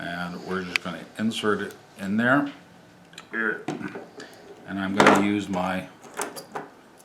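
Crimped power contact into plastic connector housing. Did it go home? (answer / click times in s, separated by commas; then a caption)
yes / 6.2 s, 6.6 s. A crimped metal power contact is inserted into a plastic connector housing and pushed from behind with a jeweler screwdriver. Someone talks, then two short clicks are heard at 6.2 s and 6.6 s as the contact snaps into place and is seated.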